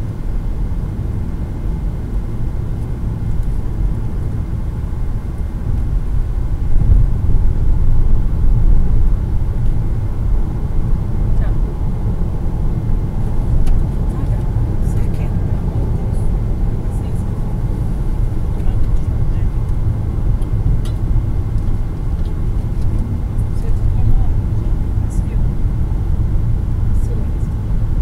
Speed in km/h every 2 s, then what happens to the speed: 93, 95, 100, 105, 110, 114, 116, 116, 115, 111, 104, 98, 96, 95.
0-12 speeds up to 116. 16-28 slows to 95.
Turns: none.